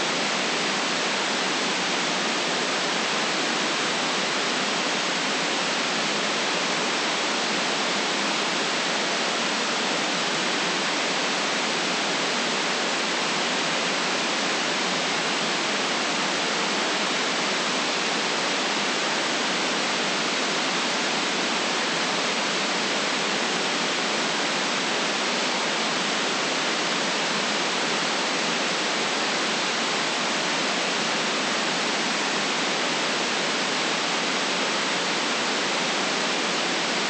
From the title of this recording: Soft Static Ambient White Noise